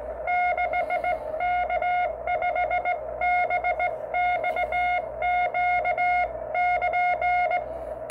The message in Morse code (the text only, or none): 6K5BXQ<KN>